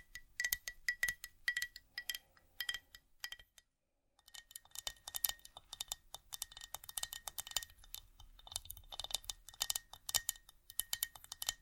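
Quick, irregular tapping and light scratching on wood and hard surfaces, with sharp bright clicks and small glassy clinks. The sounds come in dense bursts, stop for a moment of silence around the fourth second, then resume more busily and keep going to the end.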